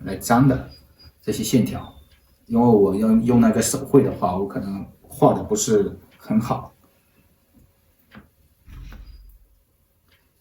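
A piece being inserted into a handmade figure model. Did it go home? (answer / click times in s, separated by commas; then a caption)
no / none. Someone talks for the first seven seconds, then soft handling noises follow as a piece of a handmade figure model is pushed into place, with a low muffled bump around 8.9 to 9.3 seconds. The piece will not go in, and nothing has seated or clicked.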